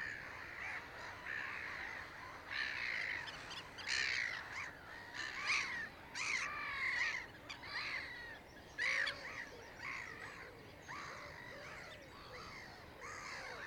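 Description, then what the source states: Several gulls crying and squawking, overlapping harsh notes in uneven bursts, some louder strident calls standing out against a steady noisy background. Recorded on the Isles of Scilly.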